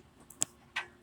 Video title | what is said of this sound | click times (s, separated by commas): 2019 Berkshire 39A 1 | Little clicks, pull it out. | 0.4 s